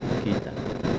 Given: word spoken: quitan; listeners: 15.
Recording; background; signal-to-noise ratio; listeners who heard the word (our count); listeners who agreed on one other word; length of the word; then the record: one Spanish word in noise, from a listening test; noise modulated by three-talker babble; -3.3 dB; 1 of 15; 11 of 15; 0.59 s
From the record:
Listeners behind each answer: 11, 2, 1, 1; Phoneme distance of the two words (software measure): 7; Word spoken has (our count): 2 syllables, 5 phonemes, stress on syllable 1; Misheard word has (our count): 2 syllables, 4 phonemes, stress on syllable 1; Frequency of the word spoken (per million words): 4.38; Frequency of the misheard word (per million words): 17.72